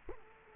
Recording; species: mosquito wingbeat signal from an infrared sensor; Culex quinquefasciatus